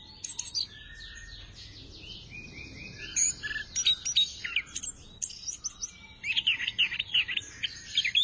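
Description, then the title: Thrush song, a dense, fast run of high chirps, trills and sharp whistled notes that grows louder and busier in the second half, over a faint low hum. "burung anis x"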